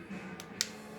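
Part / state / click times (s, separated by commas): metal split ring into the groove of a rebreather breathing-loop hose fitting / seated / 0.6 s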